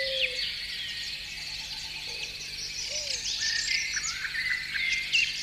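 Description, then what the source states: Birds singing together, a busy mix of quick high chirps, twitters and rising whistles, with a few soft low whistled notes underneath. Birdsong in the morning.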